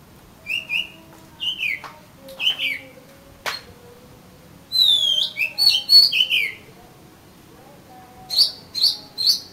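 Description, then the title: Oriental magpie-robin song: varied whistled phrases, some slurred downward, with a sharp click and a burst of busier warbling midway, then short repeated notes. "Kacer Kacer"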